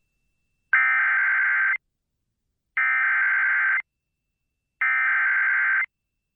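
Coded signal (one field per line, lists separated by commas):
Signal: Emergency Alert System (SAME) tones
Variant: header bursts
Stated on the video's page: Two Severe Thunderstorm Warning alerts from the weather service, relayed by an FM station via online stream and a TV station captured from a satellite DVR receiver.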